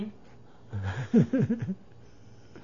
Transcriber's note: he laughs